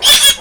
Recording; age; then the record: pig call; piglet (1 to 25 days)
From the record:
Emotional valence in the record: negative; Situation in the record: crushing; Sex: female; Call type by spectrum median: high-frequency call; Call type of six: high-frequency stable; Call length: 0.42 s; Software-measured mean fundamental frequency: 296 Hz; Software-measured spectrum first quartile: 3220 Hz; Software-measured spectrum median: 4593 Hz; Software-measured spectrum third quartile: 8480 Hz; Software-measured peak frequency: 3441 Hz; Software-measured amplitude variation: 139 dB a second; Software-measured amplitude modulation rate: 9.6 a second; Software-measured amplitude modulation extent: 14.5 dB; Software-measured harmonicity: 4.8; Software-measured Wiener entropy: -2.02